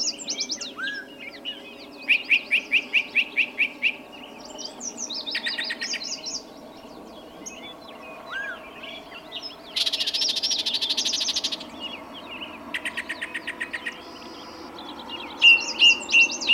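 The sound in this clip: Bird song from several birds: repeated high chirp series, trills, a long buzzy rattle, and whistled notes, over faint steady background noise.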